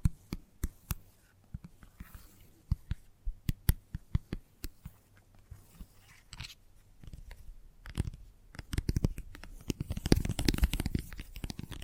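Gentle tapping comes in sharp, separate clicks, spaced irregularly over the first eight seconds with quiet gaps between them. After about eight seconds the taps turn rapid and dense, blending with scratchy, rustling sounds and a low rumble that carry to the end.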